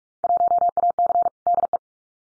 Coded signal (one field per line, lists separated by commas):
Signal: Morse code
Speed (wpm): 46 wpm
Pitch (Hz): 700 Hz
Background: none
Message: 1AC DE